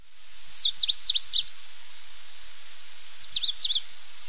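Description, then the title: Coal-crested finch calling: a quick run of thin, high, sharply slurred notes, then a shorter similar burst after a pause, over a steady background hiss. "LuckyPassaro Completos2Sama. Coal-crested Finch (Charitospiza eucosma)"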